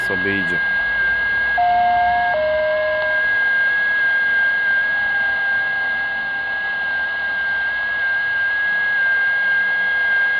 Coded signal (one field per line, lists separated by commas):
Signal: FT8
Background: speech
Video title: FT8 na ręczniaku CB/28MHz